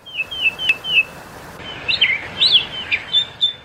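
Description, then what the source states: Northern Mockingbird song: a short whistled note repeated four times, then a run of varied sweeping whistled phrases, with faint background noise. Backyard bird in a quiz, described as a tough one; mockingbirds said to do nothing but make music and sing their hearts out for us.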